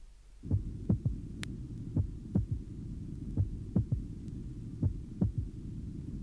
Physiological third heart sound. It is taken at the apex. Only A2 is audible, and thus the second sound appears single at this site.